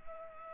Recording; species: mosquito wingbeat signal from an infrared sensor; Culex pipiens